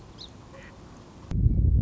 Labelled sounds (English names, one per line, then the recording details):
Song Sparrow
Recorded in Sonoma County, California